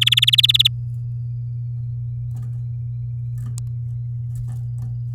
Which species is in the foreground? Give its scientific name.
Serinus canaria